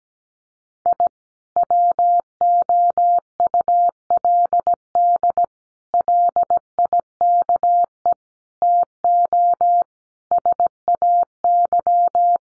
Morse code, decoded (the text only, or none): I WOULD LIKE TO SAY